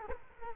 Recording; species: mosquito wingbeat signal from an infrared sensor; Culex quinquefasciatus